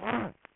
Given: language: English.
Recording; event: throat vibration sensor signal played as sound; throat clearing